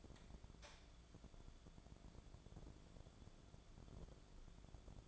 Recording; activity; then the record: daily activity, microphone in the room; light on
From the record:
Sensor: 5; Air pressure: 1010.4 hPa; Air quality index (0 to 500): 119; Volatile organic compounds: 2 ppm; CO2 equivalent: 1172 ppm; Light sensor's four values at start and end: 499/1278/529/596 and 498/1277/528/595